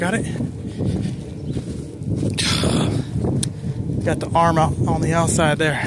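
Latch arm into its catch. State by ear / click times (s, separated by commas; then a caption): not seated / none. A latch arm is worked one-handed with the left hand, with the arm brought out to the outside of its catch, while someone talks over light handling noise and a brief sharp tick near 3.4 s. Nothing has seated or clicked yet; the latch is not yet home.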